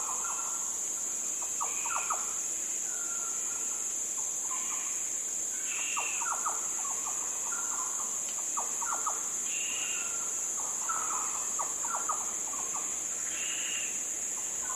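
Yellow oriole song: short fluty whistled notes in loose repeated phrases, with brighter higher notes between them and a steady high-pitched hum throughout.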